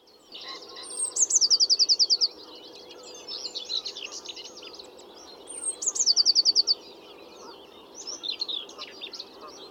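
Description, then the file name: Eurasian blue tit gives two high, clear trilled phrases, each starting with a thin note, separated by quieter scratchy chattering, over faint steady background noise. "Cyanistes caeruleus"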